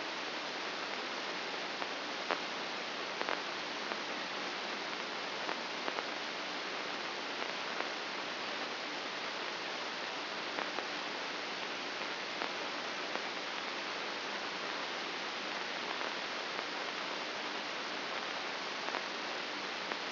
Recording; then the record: brain microelectrode recording played as sound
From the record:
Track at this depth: inside the subthalamic nucleus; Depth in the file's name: 4.63 mm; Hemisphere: left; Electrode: 2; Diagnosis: Parkinson's disease